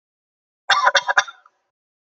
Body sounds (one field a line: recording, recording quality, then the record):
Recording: shallow voluntary cough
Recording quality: excellent, no background noise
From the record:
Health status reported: healthy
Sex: male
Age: 25 years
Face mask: not worn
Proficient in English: yes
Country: India